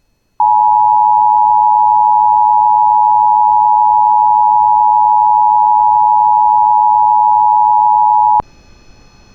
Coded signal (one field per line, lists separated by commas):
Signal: Emergency Alert System (SAME) tones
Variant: 853 and 960 Hz attention tone